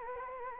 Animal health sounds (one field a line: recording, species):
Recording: mosquito wingbeat signal from an infrared sensor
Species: Anopheles gambiae